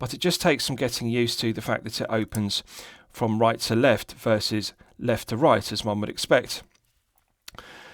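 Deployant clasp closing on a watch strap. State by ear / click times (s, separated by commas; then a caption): seated / 7.5 s. A man talks for most of the clip while a metal butterfly deployant clasp with two-button push triggers on the strap of a NOMOS Glashütte Club Sport Neomatik Polar Reference 750 watch is closed by hand. After a brief quiet pause, a sharp metallic click at 7.5 s marks the clasp snapping shut, followed by a faint low hiss.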